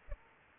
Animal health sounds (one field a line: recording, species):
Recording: mosquito wingbeat signal from an infrared sensor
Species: Aedes aegypti